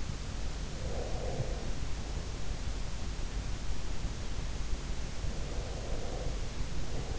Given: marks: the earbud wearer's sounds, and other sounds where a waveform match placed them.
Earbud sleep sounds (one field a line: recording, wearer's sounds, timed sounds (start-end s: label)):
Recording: sounds in sleep by an in-ear microphone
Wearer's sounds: breath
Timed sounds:
0.83-2.98 s: breath
5.42-7.14 s: breath